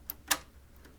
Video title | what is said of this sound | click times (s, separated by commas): Synology DSM 7.1 and Unofficial Memory Testing in 2022 - Do They Still Work? | that is the click we're looking for i can feel there the arms either side of it are working | 0.1 s, 0.3 s